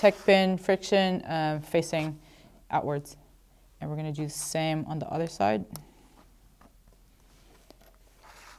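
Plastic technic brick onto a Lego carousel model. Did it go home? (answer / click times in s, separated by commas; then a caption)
yes / 7.7 s. Someone talks while a plastic Lego Technic piece is pressed onto the other side of a Lego carousel model, with its friction side facing outwards; it is tricky to fit. After the talking stops, small handling sounds are heard, and the piece clicks into place at 7.7 seconds.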